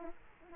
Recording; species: mosquito wingbeat signal from an infrared sensor; Aedes aegypti